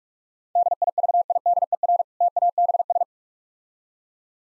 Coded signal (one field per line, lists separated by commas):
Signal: Morse code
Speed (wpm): 41 wpm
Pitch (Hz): 700 Hz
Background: none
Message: DIVIDER TABS